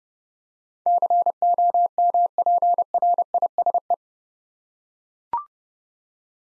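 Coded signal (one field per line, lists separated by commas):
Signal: Morse code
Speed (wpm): 29 wpm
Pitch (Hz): 700 Hz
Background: none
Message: COMPRISE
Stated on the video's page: Morse practice at 30 wpm sending 8-letter words for head-copy drill, each word sent twice.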